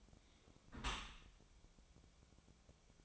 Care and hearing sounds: daily activity, microphone in the room; close dishwasher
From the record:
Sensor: 1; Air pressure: 1000.5 hPa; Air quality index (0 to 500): 182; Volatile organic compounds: 4 ppm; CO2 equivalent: 1674 ppm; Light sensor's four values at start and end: 11/27/11/13 and 11/27/11/13

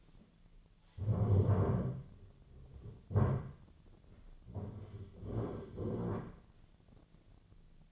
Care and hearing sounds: daily activity, microphone in the room; stand up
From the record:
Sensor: 4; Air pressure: 1008.9 hPa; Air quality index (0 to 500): 170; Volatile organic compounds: 5 ppm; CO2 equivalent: 1712 ppm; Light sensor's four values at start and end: 23/73/28/27 and 23/73/28/27

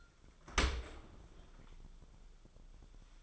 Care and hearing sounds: daily activity, microphone in the room; open dishwasher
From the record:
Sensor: 5

